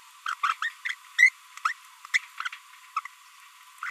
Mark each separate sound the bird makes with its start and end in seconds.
0.26-0.34, 0.43-0.54, 0.62-0.72, 0.85-0.94, 1.19-1.29, 1.65-1.73, 2.14-2.19, 2.38-2.48, 2.53-2.56, 2.96-3.00